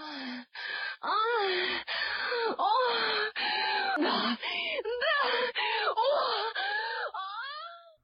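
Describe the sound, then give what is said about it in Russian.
A woman cries out and moans in a loud, unbroken series of wavering vocal wails, pitch sliding up and down, with short catches of breath between them. No words are spoken. “«Что ж ты так кричишь?» – прошептал Кантор в промежутках между поцелуями.”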